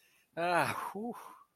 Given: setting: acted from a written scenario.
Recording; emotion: vocal sound without words; elation